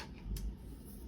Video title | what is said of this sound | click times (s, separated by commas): Airvo Review | So those prongs just snap right on the end of the tubing here, and then they feel here a little click. | 0.4 s